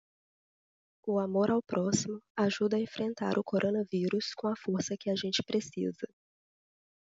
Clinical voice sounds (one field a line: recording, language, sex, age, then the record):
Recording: spoken sentence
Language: Brazilian Portuguese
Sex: female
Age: 30 to 39 years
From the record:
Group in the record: control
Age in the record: 32 years